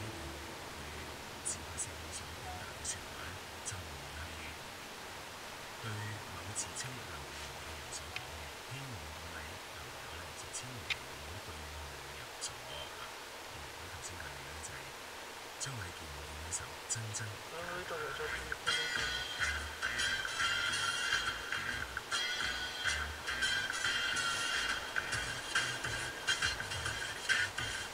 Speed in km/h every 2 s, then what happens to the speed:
18, 16, 14, 11, 10, 7, 7, 7, 7, 8, 8, 8, 9, 10.
0-10 slows to 7. 10-28 steady at about 8.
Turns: none.